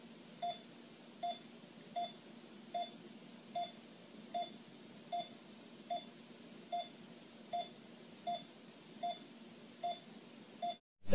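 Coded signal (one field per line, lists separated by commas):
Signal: none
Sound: heartbeat monitor sound effect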